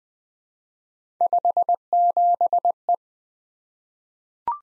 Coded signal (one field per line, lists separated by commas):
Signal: Morse code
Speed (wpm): 20 wpm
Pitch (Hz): 700 Hz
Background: none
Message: 57E